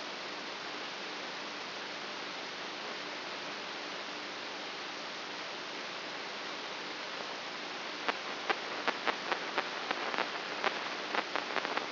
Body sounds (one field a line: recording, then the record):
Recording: brain microelectrode recording played as sound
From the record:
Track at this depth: inside the subthalamic nucleus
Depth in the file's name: 5.04 mm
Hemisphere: right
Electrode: 2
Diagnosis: Parkinson's disease